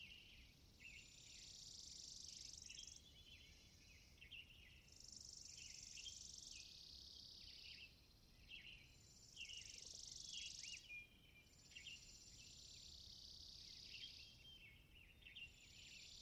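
Birds sing in a continuous chorus, with thin, high chirps and trills overlapping throughout. A steady, bright insect-like buzz rises and falls in long swells every few seconds, over a soft low rumble of background noise.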